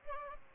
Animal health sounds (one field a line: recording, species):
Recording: mosquito wingbeat signal from an infrared sensor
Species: Aedes albopictus